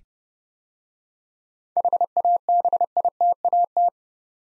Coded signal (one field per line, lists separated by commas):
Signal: Morse code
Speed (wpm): 30 wpm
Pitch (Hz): 700 Hz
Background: none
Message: HABITAT